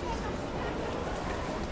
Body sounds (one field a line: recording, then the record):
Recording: background sound without coughing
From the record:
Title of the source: Train Station Sounds Paris